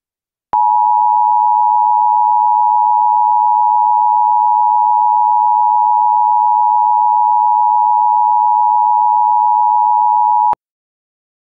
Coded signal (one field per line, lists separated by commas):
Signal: Emergency Alert System (SAME) tones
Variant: 853 and 960 Hz attention tone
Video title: EAS Scenario #2 The Great Las Vegas Fire